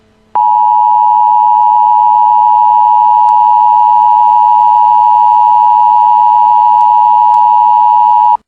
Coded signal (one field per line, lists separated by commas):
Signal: Emergency Alert System (SAME) tones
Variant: 853 and 960 Hz attention tone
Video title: Ringo EAS